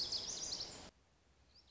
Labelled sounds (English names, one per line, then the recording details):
Lazuli Bunting
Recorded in Sonoma County, California